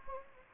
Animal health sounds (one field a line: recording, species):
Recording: mosquito wingbeat signal from an infrared sensor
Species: Anopheles gambiae